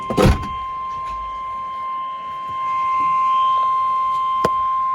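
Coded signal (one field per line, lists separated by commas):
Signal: Emergency Alert System (SAME) tones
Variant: 1050 Hz attention tone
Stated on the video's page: Severe thunderstorm warning broadcast on NOAA Weather Radio station KIG86, Columbus, Ohio.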